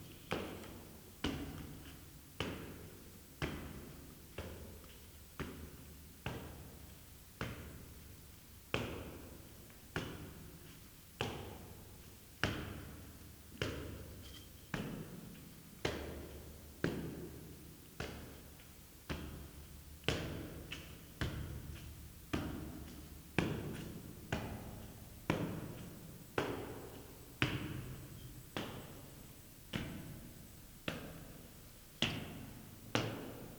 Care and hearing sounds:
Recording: daily activity, guitar pickup as the sensor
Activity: go upstairs

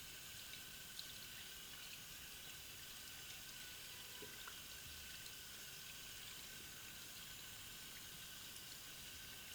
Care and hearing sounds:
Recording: daily activity, guitar pickup as the sensor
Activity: wash hands

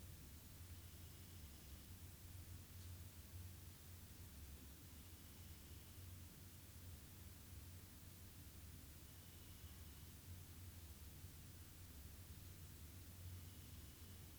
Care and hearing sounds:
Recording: daily activity, guitar pickup as the sensor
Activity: sit

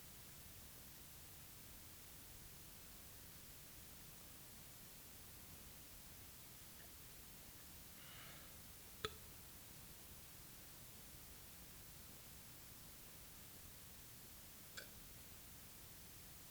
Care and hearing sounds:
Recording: daily activity, guitar pickup as the sensor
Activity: drink water

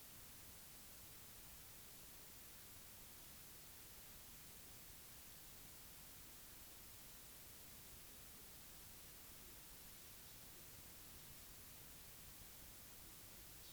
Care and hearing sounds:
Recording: daily activity, guitar pickup as the sensor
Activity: drink water

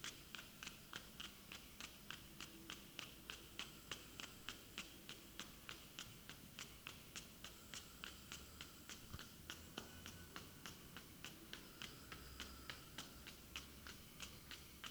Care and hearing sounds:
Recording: daily activity, guitar pickup as the sensor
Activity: run

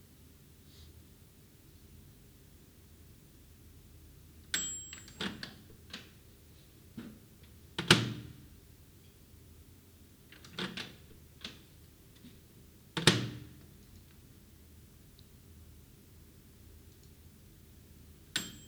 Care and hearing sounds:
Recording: daily activity, guitar pickup as the sensor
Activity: use microwave

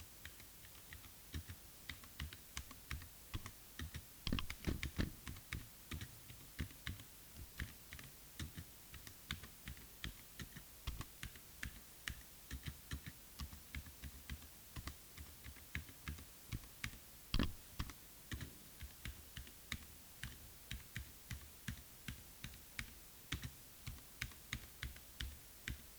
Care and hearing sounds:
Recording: daily activity, guitar pickup as the sensor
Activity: type

